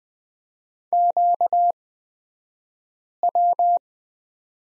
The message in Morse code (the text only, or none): QW